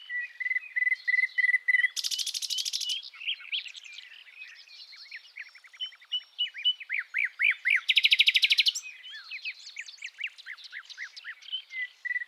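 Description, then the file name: Common nightingale song, a varied run of whistles, fast rattling trills and loud buzzy bursts, with rapid repeated notes. "Luscinia megarhynchos"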